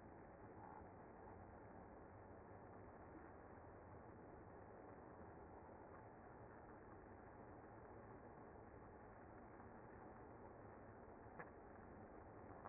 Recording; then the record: honeybee colony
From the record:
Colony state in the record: active